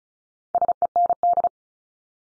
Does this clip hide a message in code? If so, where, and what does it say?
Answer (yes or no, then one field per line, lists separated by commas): yes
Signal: Morse code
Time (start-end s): 0.5-1.5 s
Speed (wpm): 36 wpm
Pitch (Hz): 700 Hz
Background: none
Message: SEND